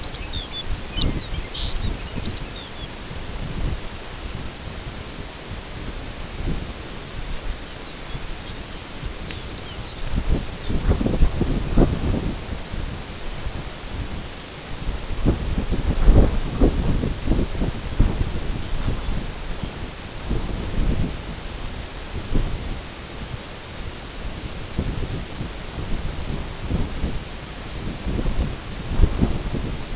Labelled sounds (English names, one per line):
Lapland Longspur